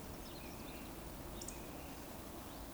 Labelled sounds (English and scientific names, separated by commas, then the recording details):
Eurasian Woodcock (Scolopax rusticola) whistle
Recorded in Baden-Württemberg, Germany, on 24 June 2020 at 19:45 UTC
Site 14569, 102 m above sea level